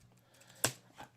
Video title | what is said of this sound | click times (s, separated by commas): Arc Customizable Notebook System: Set-Up & Quick Pen Test | And then you'll hear it click, okay? | 0.6 s